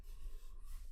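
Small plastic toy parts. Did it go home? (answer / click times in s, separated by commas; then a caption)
no / none. The plastic leg segments of a Transformers Studio Series SS-109 Concept Art Megatron transforming robot toy are collapsed back up toward their locked position, producing only soft rubbing and handling noise with no sharp transients. Nothing has seated or clicked into place yet.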